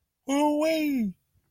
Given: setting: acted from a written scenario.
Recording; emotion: vocal sound without words; elation